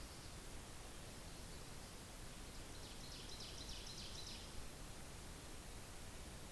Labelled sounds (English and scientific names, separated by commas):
Ovenbird (Seiurus aurocapilla) song